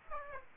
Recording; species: mosquito wingbeat signal from an infrared sensor; Aedes aegypti